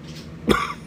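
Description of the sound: A single short, abrupt adult cough bursts out of a quiet background, lasting about a quarter second before fading. It is an isolated cough, dry and brief, interrupting someone reading aloud.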